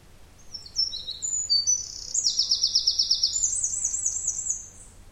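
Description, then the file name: Eurasian wren delivering a shrill, hurried song of rapid notes and two long rattling trills at very high pitch, with a faint low hum behind. "Troglodytes troglodytes"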